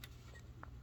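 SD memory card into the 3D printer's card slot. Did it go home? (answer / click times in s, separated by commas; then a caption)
no / none. An SD memory card is handled at the card slot at the bottom of a Creality Ender 3 3D printer's control board, fitted with an Extender 400XL kit. A faint ticking contact is heard near 0.0 seconds and a sharper tick around 0.6 seconds over a low hum. Nothing has seated or clicked into place yet.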